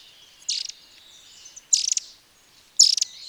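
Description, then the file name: White-throated bushtit calls: three short bursts of high, buzzy, stuttering notes, each about a quarter second long, spaced roughly a second apart. "White throated Bushtit Aegithalos niveogularis"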